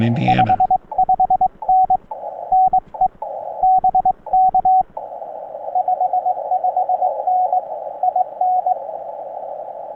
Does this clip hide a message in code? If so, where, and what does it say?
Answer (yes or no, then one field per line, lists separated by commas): yes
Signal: Morse code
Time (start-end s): 0.3-8.7 s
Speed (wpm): 22 wpm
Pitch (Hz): 750 Hz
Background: speech, radio noise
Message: 55N NE BK 55N IN